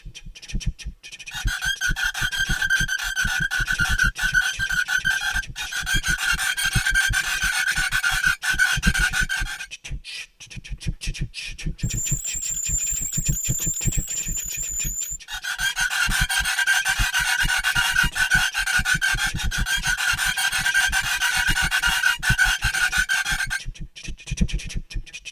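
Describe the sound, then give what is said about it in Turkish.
A composition made from sounds tamarin monkeys made when afraid, played back to them in an experiment: dense, raspy, panting-like pulses in repeating blocks over a steady mid tone, with thin high whistling notes in the middle section and no speech. “Bu da yine Tamarin maymunlarının korkuluyken çıkarttıkları seslerden elde edilerek üretilmiş bir kompozisyon.”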